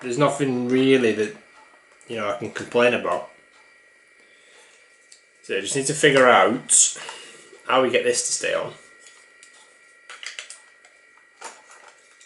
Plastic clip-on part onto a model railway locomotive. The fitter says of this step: you know it just we don't we know it clicks in place